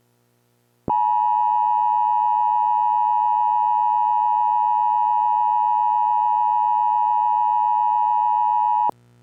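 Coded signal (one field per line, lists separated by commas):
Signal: Emergency Alert System (SAME) tones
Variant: 853 and 960 Hz attention tone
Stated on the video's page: Mock EAS scenario, zombie-themed, not a real alert.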